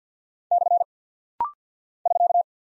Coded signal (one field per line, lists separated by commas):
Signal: Morse code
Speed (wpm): 53 wpm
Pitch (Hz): 700 Hz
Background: none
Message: / <SK>